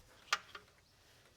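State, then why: Seated. A new rubber gasket is pushed down into the groove of a plastic intake manifold on a 2011-2019 Ford Explorer, where it locks into place. A sharp click at 0.3 s marks it seating. A fainter tap follows at 0.6 s over quiet background noise.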